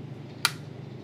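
A pry tool is slid a little into the seam of a PS4 game controller's plastic casing and pushed upward until the internal snap clip releases. A single sharp click at 0.45 s stands out against a steady low hum as the shell clip pops open.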